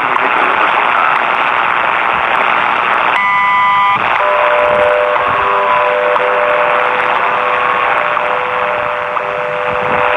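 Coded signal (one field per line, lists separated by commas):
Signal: radio time signal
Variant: WWV and WWVH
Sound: shortwave hiss, a one-second chord of tones, then a steady mid-pitched tone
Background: radio static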